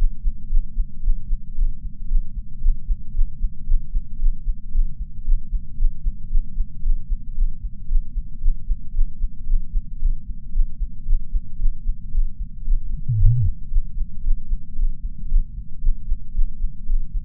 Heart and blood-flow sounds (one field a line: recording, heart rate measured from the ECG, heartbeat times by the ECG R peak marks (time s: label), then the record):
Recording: heart sounds by patch sensor on the chest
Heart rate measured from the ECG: 114 bpm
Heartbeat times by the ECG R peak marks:
0.48 s: heartbeat
1.01 s: heartbeat
1.54 s: heartbeat
2.07 s: heartbeat
2.60 s: heartbeat
3.13 s: heartbeat
3.65 s: heartbeat
4.18 s: heartbeat
4.71 s: heartbeat
5.23 s: heartbeat
5.76 s: heartbeat
6.29 s: heartbeat
6.81 s: heartbeat
7.34 s: heartbeat
7.87 s: heartbeat
8.40 s: heartbeat
8.92 s: heartbeat
9.45 s: heartbeat
9.98 s: heartbeat
10.51 s: heartbeat
11.04 s: heartbeat
11.57 s: heartbeat
12.10 s: heartbeat
12.63 s: heartbeat
13.16 s: heartbeat
13.68 s: heartbeat
14.22 s: heartbeat
14.74 s: heartbeat
15.27 s: heartbeat
15.80 s: heartbeat
16.33 s: heartbeat
16.85 s: heartbeat
From the record:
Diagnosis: coronary artery disease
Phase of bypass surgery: postoperative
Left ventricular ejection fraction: 34.9%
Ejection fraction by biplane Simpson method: 32.7%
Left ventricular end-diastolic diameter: 59 mm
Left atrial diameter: 36 mm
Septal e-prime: 3 cm/s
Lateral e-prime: 7 cm/s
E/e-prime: 12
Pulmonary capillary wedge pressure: 12 mmHg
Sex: male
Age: 49 years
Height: 175 cm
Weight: 80 kg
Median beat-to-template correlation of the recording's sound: 0.90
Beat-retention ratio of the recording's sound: 0.99